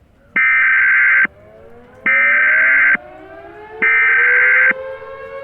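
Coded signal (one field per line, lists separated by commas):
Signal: Emergency Alert System (SAME) tones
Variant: header bursts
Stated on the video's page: Mock EAS scenario containing valid EAS tones.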